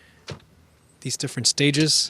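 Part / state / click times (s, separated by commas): fold-out tray table hinge detent in the rear centre console / seated / 0.3 s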